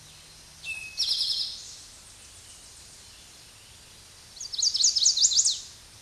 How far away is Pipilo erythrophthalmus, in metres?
about 5 m